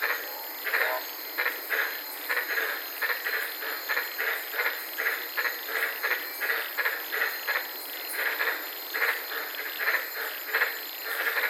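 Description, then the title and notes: White-lipped tree frogs calling in a dense, rhythmic series of short barking notes, with a steady high hiss behind. Several frogs calling at night in the Daintree rainforest, Queensland, recorded from inside a car. "White Lipped Frog Podcast. I was sitting in my car in the Daintree rainforest in Queensland this night and fell asleep listening to these amazing White lipped frogs"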